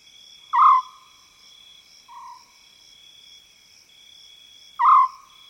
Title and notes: African Scops Owl In The Savanna. the call of the African scops owl, recorded in the wild expanse that is the South Luangwa savanna woodland